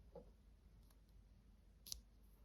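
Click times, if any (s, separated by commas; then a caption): 1.9 s. A watch band is slid into the band slot on the other side of the case of an Apple Watch Series 7 Nike Midnight Black (41 mm, GPS), after first being tried on the wrong side. Faint, soft taps and handling noise lead to a sharp, bright double click at about 1.9 s as the band locks into place. The band is seated.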